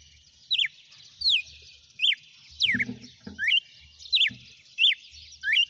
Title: Canto Galo Campina Fêmea. GALO DE CAMPINA CANTANDO e BATENDO FOGO?